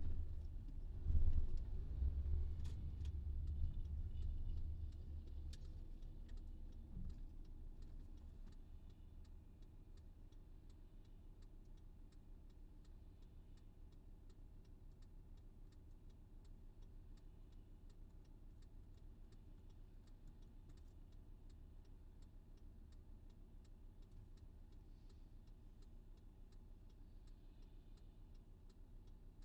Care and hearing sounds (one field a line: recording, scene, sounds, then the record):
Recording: everyday scene through a hearing-aid microphone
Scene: in a vehicle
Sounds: engine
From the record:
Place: VW T5 Caravelle, diesel engine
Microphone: in the ear canal, left